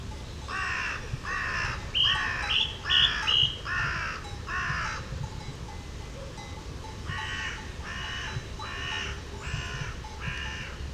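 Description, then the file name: Carrion crow giving short harsh caws in two bursts, several calls in quick succession, a pause, then another even series, over steady low rumbling background noise. "Corvus corone"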